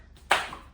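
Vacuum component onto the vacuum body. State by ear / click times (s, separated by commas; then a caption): seated / 0.3 s. A plastic part is fitted onto the body of a Mairclé S5 Mate cordless stick vacuum, with a faint touch at about 0.2 s. A single loud, sharp snap follows at 0.3 s and rings out briefly. The part is seated on the vacuum body.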